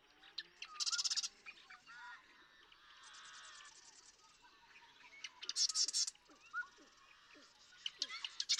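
Marsh Wren singing softly: two short high buzzy rattles separated by several seconds, with scattered chips and twitters in the background.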